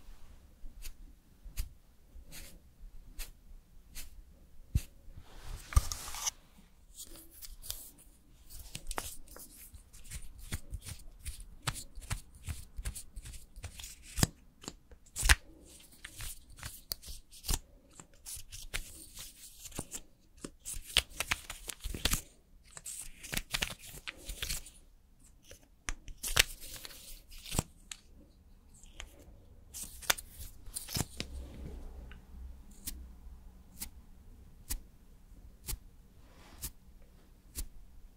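Someone doing makeup and styling hair: a steady run of sharp clicks, taps and snips, several per second, mixed with soft brushing and rustling. Denser bursts of scraping come around 6, 20 and 27 seconds, and a low hum sits underneath throughout.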